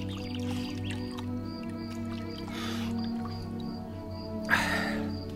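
Someone takes a gulp of water: a soft wet sip midway, then a short, louder swallow near the end, over a steady low electrical hum.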